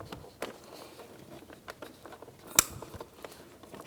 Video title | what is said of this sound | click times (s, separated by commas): How to Replace Driver Side Power Window & Door Lock Switch 2006-2010 Hyundai Sonata | Audible click from that. | 2.6 s